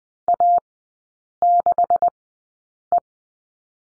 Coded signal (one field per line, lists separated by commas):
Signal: Morse code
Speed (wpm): 20 wpm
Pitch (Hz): 700 Hz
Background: none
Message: A6E